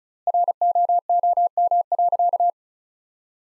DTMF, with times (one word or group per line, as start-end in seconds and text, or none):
none